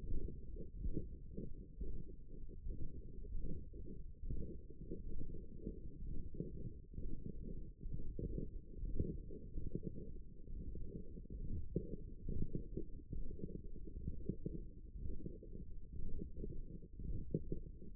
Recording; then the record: forearm muscle sounds (acoustic myography)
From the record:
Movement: radial deviation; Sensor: system 1, eight BSWA MPA416 microphones around the upper forearm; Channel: 7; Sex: male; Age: 23 years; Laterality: right